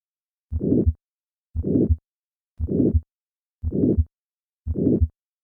The sound of significant aortic stenosis.